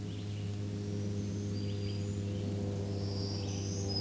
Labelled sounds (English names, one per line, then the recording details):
Black-throated Green Warbler song
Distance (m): 35 m
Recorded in a Pennsylvania forest on 1 June 2023 at 09:00
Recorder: AudioMoth, point grid3_38_high
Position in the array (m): 215 m, 135 m